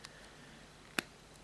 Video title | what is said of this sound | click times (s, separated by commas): Sentinel Takara Transformers Optimus Prime Pen | there we go and that locks in | 1.0 s